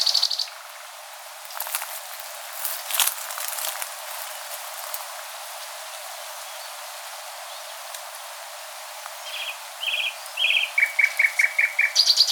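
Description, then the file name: Common nightingale song: a brief high note at the start, then a long quiet stretch with scattered clicks, then a few short notes and a fast, rattling run of repeated notes near the end. "Luscinia megarhynchos"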